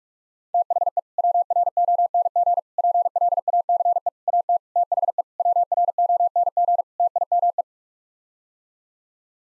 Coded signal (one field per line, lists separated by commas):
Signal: Morse code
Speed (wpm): 46 wpm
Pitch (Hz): 700 Hz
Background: none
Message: THE WRONG PLACE AT THE WRONG TIME